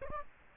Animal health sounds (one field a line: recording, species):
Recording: mosquito wingbeat signal from an infrared sensor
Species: Aedes aegypti